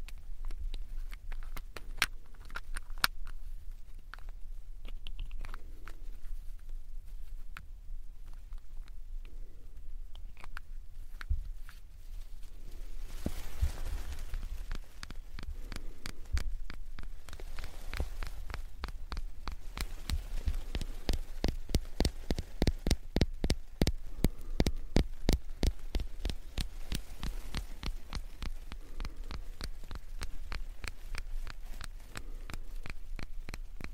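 Tapping on an aroma oil bottle: crisp clicks that come sparsely at first, then grow rapid and dense from about 20 to 27 seconds before easing off. A low, steady hum sits under everything, and a soft breathy rustle drifts in between taps.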